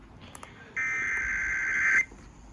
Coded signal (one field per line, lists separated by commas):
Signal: Emergency Alert System (SAME) tones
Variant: header bursts